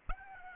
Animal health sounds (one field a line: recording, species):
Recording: mosquito wingbeat signal from an infrared sensor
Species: Aedes albopictus